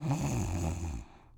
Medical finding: Girl snoring.